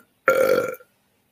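A single voiced burp lasts about half a second. It has a rough, throaty tone with a steady pitch, then fades quickly into silence. This is ordinary eructation, air released from the stomach, one of a run of recurring burps from an adult.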